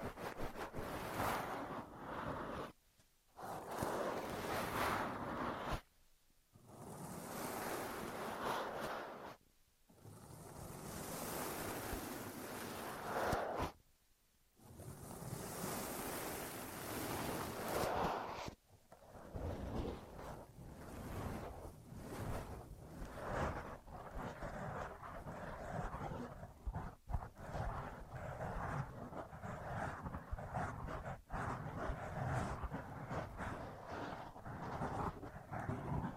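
Ear massage and cleaning sounds: thick rushing, scrubbing swells that fill the whole range, broken by short silent gaps at about 3, 6, 9.5 and 14 seconds. After about 18 seconds the rubbing turns quieter and more even, with small crackles and pops.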